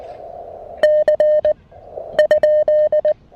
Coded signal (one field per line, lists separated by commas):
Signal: Morse code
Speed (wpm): 19 wpm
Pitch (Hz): 620 Hz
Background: none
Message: C ?